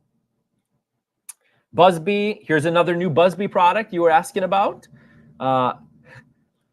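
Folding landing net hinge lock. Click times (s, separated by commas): 1.3 s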